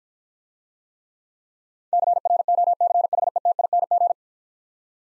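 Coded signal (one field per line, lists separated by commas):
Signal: Morse code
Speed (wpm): 53 wpm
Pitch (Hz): 700 Hz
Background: none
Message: CROCHETING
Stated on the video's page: Morse practice set of easy words sent at 40 wpm with contextual hints.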